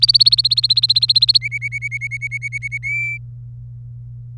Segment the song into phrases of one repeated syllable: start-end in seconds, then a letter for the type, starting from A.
0.02-1.38 A, 1.41-2.78 B, 2.83-3.17 C